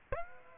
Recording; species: mosquito wingbeat signal from an infrared sensor; Aedes aegypti